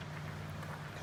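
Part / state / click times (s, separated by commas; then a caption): table top slat into the tailgate table frame / not seated / none. The second slat of a table top is being handled at the far left side of the frame of a JK Trailgaiter tailgate table from Outback Adventures. Only a steady low hum with broadband noise is heard, with no sharp sounds. Nothing has clicked or seated into the frame yet.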